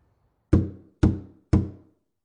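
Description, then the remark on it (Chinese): Three heavy knocks on a door without a peephole, evenly spaced about half a second apart, each a loud, solid thud with a short fading ring, followed by silence. “砰砰的敲门声过了之后，屋里边亮灯了”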